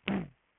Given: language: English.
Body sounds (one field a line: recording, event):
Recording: throat vibration sensor signal played as sound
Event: throat clearing